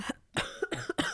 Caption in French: C'est plus possible, cette toux là. on dirait que tu fumes un paquet... de clopes par heure. Je n'ai jamais fumé de ma vie. Je tousse comme une folle.